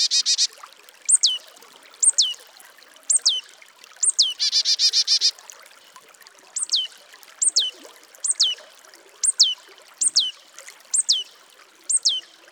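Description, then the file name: Marsh Tit calls: two short buzzy chattering bursts among a long series of crisp, steeply falling high notes spaced about a second apart. "Poecile palustris"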